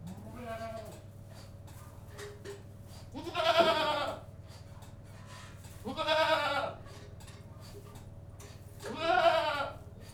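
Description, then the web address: Goat bleating repeatedly, three loud quavering cries roughly every three seconds after a fainter one, over steady low rustling. General atmosphere inside a goat house. "BBC Sound Effects Library - Livestock 1 General Atmosphere In Goat-House"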